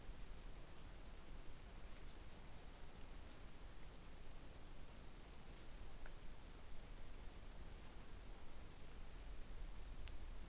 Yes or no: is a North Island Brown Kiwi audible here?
no